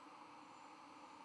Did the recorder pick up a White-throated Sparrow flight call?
no